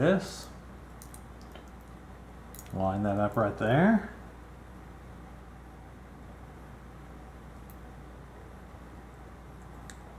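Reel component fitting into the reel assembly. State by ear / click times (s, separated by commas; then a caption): not seated / none. A reel component for a Daiwa Procaster PMF-1000 spinning reel, being serviced for a drag washer replacement, is handled and lined up against the reel assembly. Someone talks briefly in the middle, while faint small ticks of handling sound over a quiet background. Nothing has seated or clicked into place yet.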